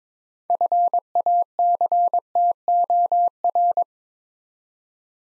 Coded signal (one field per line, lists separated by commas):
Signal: Morse code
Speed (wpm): 23 wpm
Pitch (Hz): 700 Hz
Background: none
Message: FACTOR